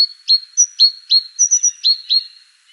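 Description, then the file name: Great tit giving a rapid run of sharp, high chirps mixed with short thin whistled notes, over a quiet background. "Parus major"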